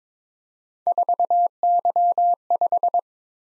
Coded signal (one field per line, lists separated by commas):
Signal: Morse code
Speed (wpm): 22 wpm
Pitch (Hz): 700 Hz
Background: none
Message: 4Y5